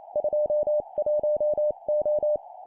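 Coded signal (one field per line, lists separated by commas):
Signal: Morse code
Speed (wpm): 28 wpm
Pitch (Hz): 600 Hz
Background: none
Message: 21O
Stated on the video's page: Morse code copy-speed practice at 25 wpm of three-character groups: number, number, letter.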